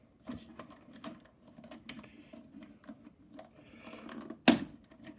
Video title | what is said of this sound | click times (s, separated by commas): G.I. Joe 1989 Battle Force 2000 PULVERIZER and DeeJay | and it clicks right into place. | 4.5 s